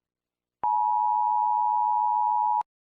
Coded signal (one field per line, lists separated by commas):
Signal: Emergency Alert System (SAME) tones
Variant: 853 and 960 Hz attention tone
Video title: eas scenario/mock F from alphabet lore invasion